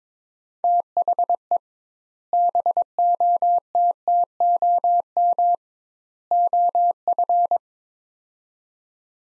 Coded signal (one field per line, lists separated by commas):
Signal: Morse code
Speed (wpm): 21 wpm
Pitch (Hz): 700 Hz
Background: none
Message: THE BOTTOM OF